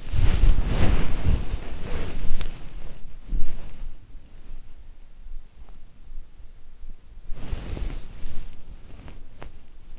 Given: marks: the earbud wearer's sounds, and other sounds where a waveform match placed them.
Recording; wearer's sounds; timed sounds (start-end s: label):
sounds in sleep by an in-ear microphone; body movement
0.00-4.31 s: body movement
7.00-9.91 s: body movement